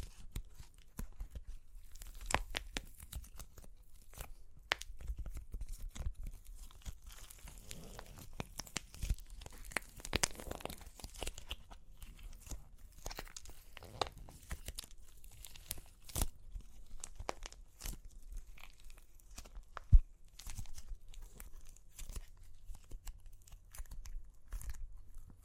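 Crunchy clay cracking and crumbling in a dense, irregular stream of sharp snaps and gritty crackles, with short pauses between bursts. The sounds are bright and clicky, with a soft low rumble underneath, and one loud crack stands out near the twentieth second.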